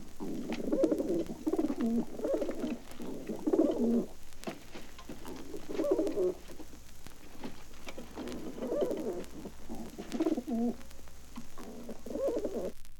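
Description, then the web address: Pigeons giving deep, bubbling coos in repeated bouts, with light clicking sounds between them. "pigeons cooing"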